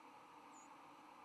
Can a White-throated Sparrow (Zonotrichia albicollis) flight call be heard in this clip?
yes